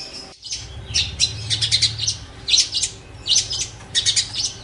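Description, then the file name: Long-tailed shrike song in separated bursts of harsh, scratchy high notes, each burst lasting under a second with short pauses, over a faint low hum. Master song recording used for training songbirds; Indonesian name cendet. "cendet master. omkicau"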